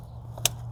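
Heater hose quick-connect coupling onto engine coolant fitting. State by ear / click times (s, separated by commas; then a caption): seated / 0.5 s. On a Ford Expedition, the plastic heater hose quick-connect is pushed onto the metal engine coolant fitting a second time after a failed first push. Over a steady low hum, a faint tick at 0.4 s is followed by a loud, sharp, bright snap at 0.5 s. The quick-connect snaps home and is seated.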